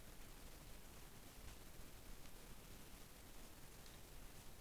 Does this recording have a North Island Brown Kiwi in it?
no